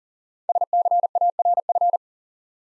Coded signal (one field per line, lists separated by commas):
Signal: Morse code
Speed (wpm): 43 wpm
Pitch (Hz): 700 Hz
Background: none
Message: SCARF